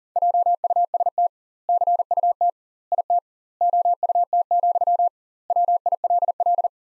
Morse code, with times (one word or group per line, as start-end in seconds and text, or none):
0.2-1.3 JUST
1.7-2.5 CUT
2.9-3.2 IT
3.6-5.1 OUT,
5.5-6.7 WILL